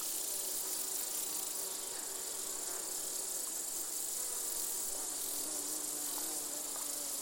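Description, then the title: Insect chorus (bees, grasshoppers and crickets): insects in chorus: a dense, steady, very high trilling hiss with faint buzzing notes woven in, unchanging for the whole stretch. Gentle summer soundscape of bees, grasshoppers and crickets recorded in an open meadow near the Col de Châtillon, 1680 metres above sea level. "Siesta summer insect chorus"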